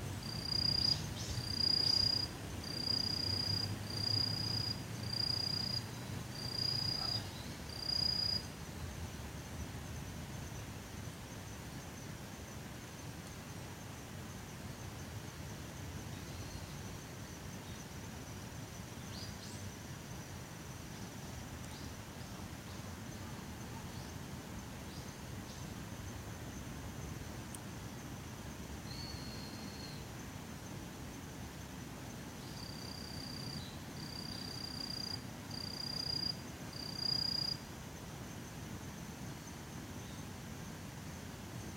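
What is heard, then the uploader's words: Wind moves through the trees as a steady, low rushing roar that never lets up. A high, bright, pulsing trill sounds over the first eight seconds, returns briefly near the thirty-second mark, and repeats again from about 33 to 37 seconds. とある鳥鳴く風の強い木々の中. Birds singing in the windy trees. 人目につかないところにマイクを放置しといて収録。 後半になると陽が落ちてきて徐々に秋虫の声も聴こえてきます。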